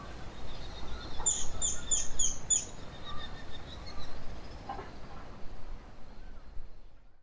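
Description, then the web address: Bird call: five bright, very high chirps repeated evenly in about a second and a half, over continuous low background noise. "yacho koe"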